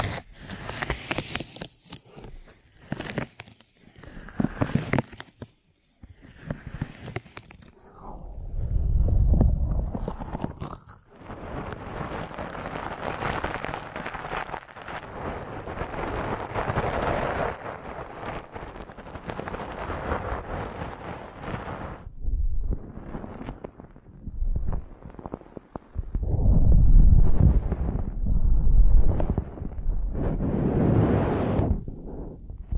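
An ear massage of rubbing and brushing sounds against the microphone. It opens with short, choppy scrapes and pauses, then settles into a steady, dense rustling. Heavier, muffled pressing swells come in around nine seconds and again near the end.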